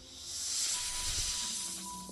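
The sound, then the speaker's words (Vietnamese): A snake hisses in one long, unbroken breathy rush lasting about two seconds, steady and fairly loud, with a faint low hum beneath it and no voices. “Lợi rắn không ngừng phun phì phì.”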